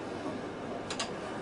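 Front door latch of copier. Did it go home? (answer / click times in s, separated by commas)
yes / 0.9 s, 1.0 s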